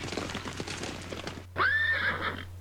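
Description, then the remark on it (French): A horse lets out a single loud, high whinny that rises sharply and then holds a quavering tone, following about a second and a half of rough scuffling noise. “Chaque bête, en s'entendant nommer, accourt la crinière au vent et vient manger l'avoine dans la main du gardien.”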